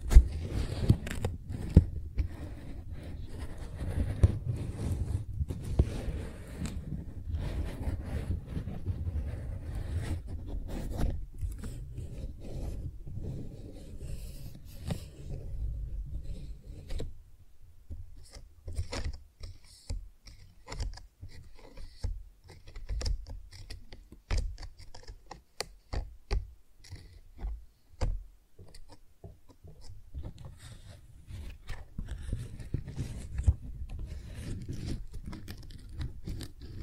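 Flower sounds made of dense, crackly rustling and crunching, with a heavy low rumble filling the first fifteen seconds. After that the texture thins into sparser, sharper crisp clicks and crinkles spaced irregularly, with brief quiet gaps between them.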